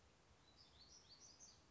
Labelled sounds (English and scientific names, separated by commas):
Black-throated Gray Warbler (Setophaga nigrescens)